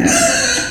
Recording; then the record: squeal of a Yucatan mini pig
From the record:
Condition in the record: before surgery on the right vocal fold (resection and tissue-engineered implant); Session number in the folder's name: 3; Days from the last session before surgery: 0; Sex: female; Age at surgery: 19 weeks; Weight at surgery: 25 kg